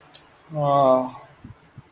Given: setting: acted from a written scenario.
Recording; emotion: vocal sound without words; sympathy